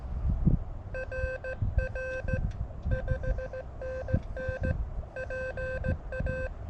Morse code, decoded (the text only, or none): RR 5NN PA